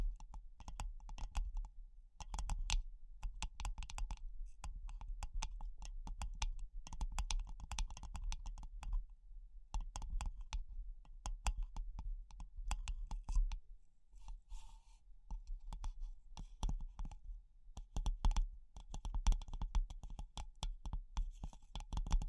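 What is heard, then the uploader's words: Tapping in quick, dense bursts of sharp clicks, with some stretches slowing into sparser, more spaced taps, as around the 9-second and 14-second marks. The taps are crisp and bright over a steady low rumble, sounding much like keyboard typing. ASMR Pure Tapping Fast and Slow (No Talking).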